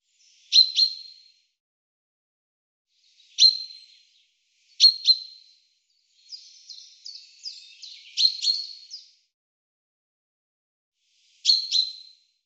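Bird giving sharp, high chip calls, each a quick downward stroke, spaced across the stretch, with a brief run of high descending notes between them.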